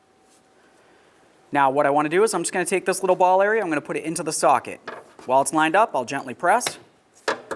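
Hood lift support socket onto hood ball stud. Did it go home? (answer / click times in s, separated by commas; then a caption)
yes / 7.3 s. Someone talks while the upper socket end of a new hood lift support on a 2006-2010 Ford Explorer is lined up on the hood ball stud and gently pressed. At 7.3 seconds a sharp click is heard as the socket snaps onto the ball stud and locks in, seated.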